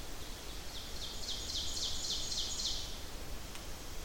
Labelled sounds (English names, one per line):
Ovenbird song